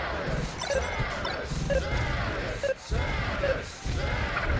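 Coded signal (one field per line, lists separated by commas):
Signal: none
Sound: game sound effects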